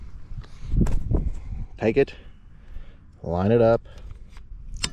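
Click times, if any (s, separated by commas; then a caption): 4.8 s. Someone talks while lining up the adapter of a new wiper blade on the J-hook wiper arm of an Infiniti Q50/Q60 and pushing it on, with soft handling taps along the way. A sharp click at 4.8 s marks the blade adapter seating onto the J-hook, ahead of pushing the locking tab down.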